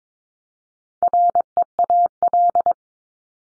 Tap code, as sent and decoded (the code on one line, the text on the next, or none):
none